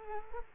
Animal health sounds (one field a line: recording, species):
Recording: mosquito wingbeat signal from an infrared sensor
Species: Culex quinquefasciatus